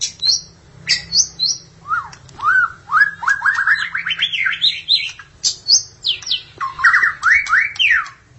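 Magpie-robin or shama song: high whistles, then a series of rising whistled notes climbing in pitch, followed by further looping phrases.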